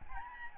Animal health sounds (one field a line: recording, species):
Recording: mosquito wingbeat signal from an infrared sensor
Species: Aedes albopictus